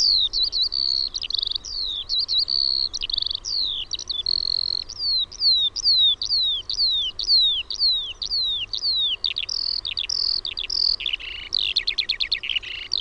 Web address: OMAT AANITYKSET KIURU